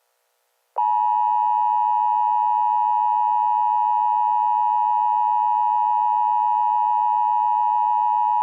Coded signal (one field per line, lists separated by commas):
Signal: Emergency Alert System (SAME) tones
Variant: 853 and 960 Hz attention tone